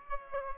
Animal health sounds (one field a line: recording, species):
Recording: mosquito wingbeat signal from an infrared sensor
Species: Aedes aegypti